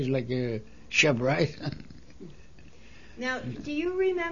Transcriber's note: he laughs